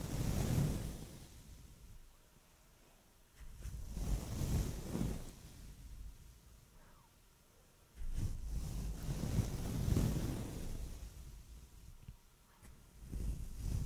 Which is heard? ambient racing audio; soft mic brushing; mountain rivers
soft mic brushing